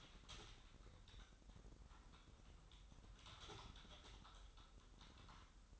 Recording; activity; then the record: daily activity, microphone in the room; typing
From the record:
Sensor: 3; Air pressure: 988.8 hPa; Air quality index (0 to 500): 205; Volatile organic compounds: 442 ppm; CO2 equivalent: 4738 ppm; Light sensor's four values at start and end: 25/81/33/30 and 25/81/33/30